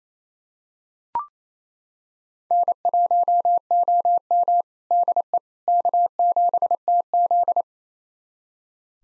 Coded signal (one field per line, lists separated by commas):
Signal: Morse code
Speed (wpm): 27 wpm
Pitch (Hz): 700 Hz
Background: none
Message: N1OM DE K7TZ